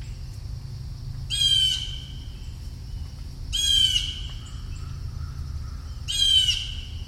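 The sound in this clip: Bird calls, three loud grating squawks about every two and a half seconds, over a steady low hum and high whine.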